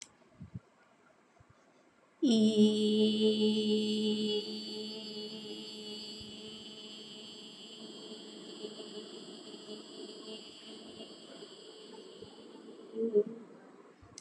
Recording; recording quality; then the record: sustained vowel as in beet; excellent, no background noise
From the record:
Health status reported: healthy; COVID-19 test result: not tested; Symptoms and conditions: none ticked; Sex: female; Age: 40 years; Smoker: not ticked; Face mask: not worn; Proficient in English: yes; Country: India